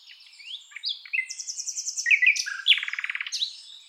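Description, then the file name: Common nightingale singing a busy phrase of slurred whistles and rising notes, ending in a fast rattling trill of repeated notes. "Luscinia megarhynchos"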